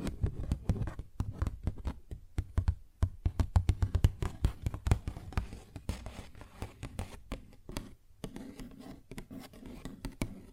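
A paper bag is tapped and scratched in quick, irregular bursts of crisp clicks and rustles. The taps come densely through most of the eleven seconds, with brief pauses near one, three and eight seconds, over a soft low thump beneath.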